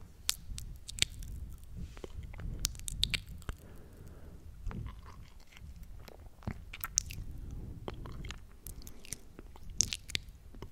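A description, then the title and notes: Wet mouth sounds, chewing and biting, with frequent sharp crisp clicks and squishes over a soft low rumble, busiest near the start and end. Mouth Sounds Delight with Dreamy Effects.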